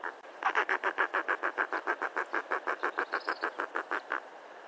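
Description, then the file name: Firewood-gatherer song, one steady series of many harsh, chattering notes, with a faint higher call behind. "Canto do cochicho"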